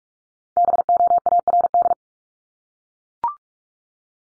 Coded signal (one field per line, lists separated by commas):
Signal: Morse code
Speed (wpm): 44 wpm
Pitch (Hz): 700 Hz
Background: none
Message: BOARD